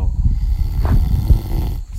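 A 62-year-old man asleep outdoors, snoring.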